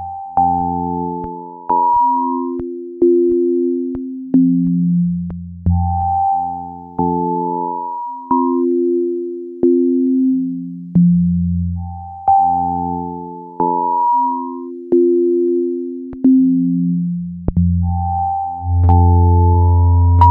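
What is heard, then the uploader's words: Vactrol drone tones play a looping pattern of pure, smooth electronic notes, low bass tones under mid chords and a short rising figure up high, repeating about every six seconds. Each note swells and fades softly, with faint clicks between changes and a louder sustained ending. Vactrol Drone Tones.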